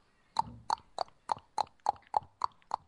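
Hooves of running horses clopping at a quick, steady pace: about nine sharp, hollow knocks evenly spaced, each crisp and fairly loud, with no voices over them.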